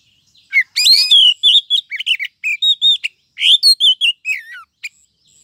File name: Suara Kacer Betina Memanggil Sang Jantan Agar Cepat Gacor